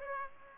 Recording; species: mosquito wingbeat signal from an infrared sensor; Aedes aegypti